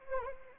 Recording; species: mosquito wingbeat signal from an infrared sensor; Anopheles arabiensis